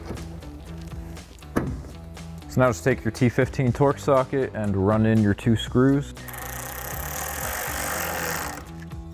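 A plastic OEM-style LED tail light assembly for a 2019-2025 Sierra 1500 is lined up and pressed into place on the truck bed pillar, with music playing underneath. It pops onto its mounting studs with a sharp click at 1.6 s and is seated, after which someone talks.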